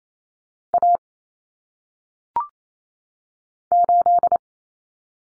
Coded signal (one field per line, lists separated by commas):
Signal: Morse code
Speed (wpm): 28 wpm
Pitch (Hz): 700 Hz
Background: none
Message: A 8